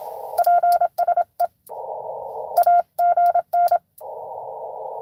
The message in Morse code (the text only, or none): PSE AGN